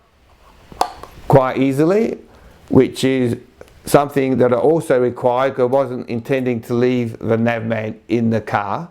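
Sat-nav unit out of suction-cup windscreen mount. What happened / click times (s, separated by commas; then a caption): The device clicked out of its mount / 0.8 s. A Navman Drive Duo 2.0 sat-nav unit is clicked out of its plastic suction-cup windscreen mount, which releases easily. A sharp, loud click is heard at 0.8 s, and then someone talks for the rest of the clip.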